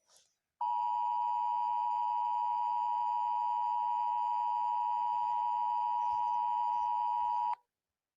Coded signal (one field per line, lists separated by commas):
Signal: Emergency Alert System (SAME) tones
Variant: 853 and 960 Hz attention tone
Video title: EAS ALERT WILL DO THIS